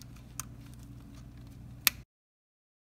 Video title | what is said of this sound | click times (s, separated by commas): Microsoft SurfaceBook 1 & 2 Step By Step Keyboard Key Installation Guide | tacky cap over the hinge and once a line pushed down and you should hear it snap into place you please | 0.4 s, 1.9 s